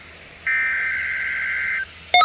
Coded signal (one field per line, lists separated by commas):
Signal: Emergency Alert System (SAME) tones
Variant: header bursts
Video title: DAY 15! GIVE IT UP FOR DAY 15! (L.S. EAS #93- EAS #92) BOX & ILM Required Weekly Tests